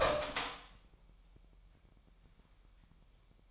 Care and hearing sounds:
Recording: daily activity, microphone in the room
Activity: open door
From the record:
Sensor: 1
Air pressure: 998.5 hPa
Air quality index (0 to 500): 129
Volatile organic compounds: 4 ppm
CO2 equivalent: 1549 ppm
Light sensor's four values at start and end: 19/63/25/26 and 19/63/25/26

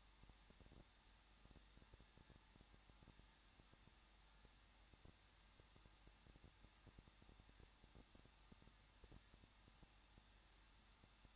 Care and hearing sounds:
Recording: daily activity, microphone in the room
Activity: no activity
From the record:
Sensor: 3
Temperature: 21.2 degrees Celsius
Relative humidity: 36.2%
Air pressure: 1006.4 hPa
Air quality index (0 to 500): 221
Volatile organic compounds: 40 ppm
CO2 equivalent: 3140 ppm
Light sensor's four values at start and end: 2/3/2/2 and 2/3/2/2

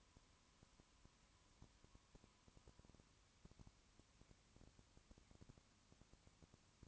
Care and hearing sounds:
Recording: daily activity, microphone in the room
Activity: no activity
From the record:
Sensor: 1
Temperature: 19.2 degrees Celsius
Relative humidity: 37.8%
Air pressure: 1001.1 hPa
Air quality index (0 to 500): 197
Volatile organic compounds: 7 ppm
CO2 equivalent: 1990 ppm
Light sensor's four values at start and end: 1/2/1/1 and 1/2/1/1

